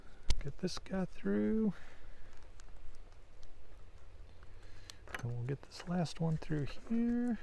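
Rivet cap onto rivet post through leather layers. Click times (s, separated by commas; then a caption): 0.3 s. A rivet cap is pressed onto a rivet post pushed through layers of leather, and it clicks into place with a sharp snap at 0.3 s, holding the pieces together before the rivet is set. Someone talks through the rest of the clip, with a few faint ticks and handling sounds in between.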